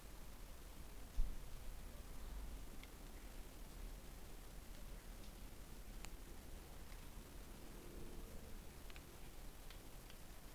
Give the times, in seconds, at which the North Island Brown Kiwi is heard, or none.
none